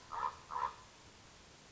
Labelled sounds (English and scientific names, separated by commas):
Common Raven (Corvus corax)